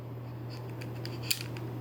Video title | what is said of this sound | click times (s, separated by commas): Grandpa's Intro to the Olympus EM1 Mark ii | Heard the click. | 1.3 s